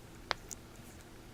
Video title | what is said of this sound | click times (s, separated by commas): Garmin Vivofit In Depth Review | you press it down now when you're doing this on your wrist you'll hear a slight click when it connects but this is it | 0.3 s, 0.5 s